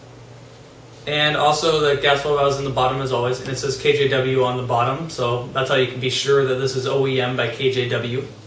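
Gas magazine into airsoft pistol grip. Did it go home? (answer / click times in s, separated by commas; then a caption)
no / none. A gas magazine for a Cybergun KJW Sig Sauer P226 airsoft gas-blowback pistol, holding about 30 BBs with the gas in the bottom and KJW marked on the base, is handled near the pistol's grip. After about a second of quiet, a man talks for the rest of the clip. The magazine has not yet been pushed home, and nothing has seated or clicked yet.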